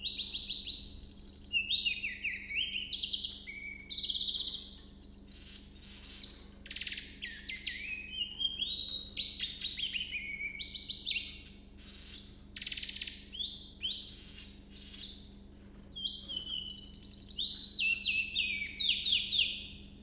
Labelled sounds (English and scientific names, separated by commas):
Willow Warbler (Phylloscopus trochilus)